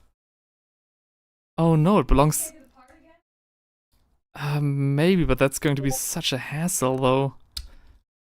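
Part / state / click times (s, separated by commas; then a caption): plastic cape part into miniature model body / seated / 7.6 s. A plastic cape piece is forced into place on an assembled Space Marine miniature model, even though other parts are in the way. Someone talks, and then a sharp single click is heard at 7.6 s. The cape piece snaps into place and is seated.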